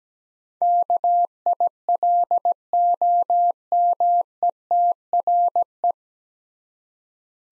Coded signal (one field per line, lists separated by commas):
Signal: Morse code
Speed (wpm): 17 wpm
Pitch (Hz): 700 Hz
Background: none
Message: KILOMETRE